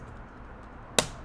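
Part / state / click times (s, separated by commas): LEGO Technic element into the model assembly / seated / 1.0 s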